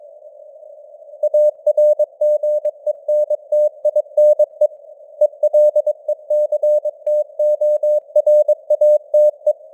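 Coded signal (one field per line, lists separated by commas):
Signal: Morse code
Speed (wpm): 22 wpm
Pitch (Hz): 600 Hz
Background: none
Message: ARGENTINE ELECTORATE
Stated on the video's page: Computer-generated news headlines in Morse at 22 wpm with simulated radio noise and varying signal strength (QSB).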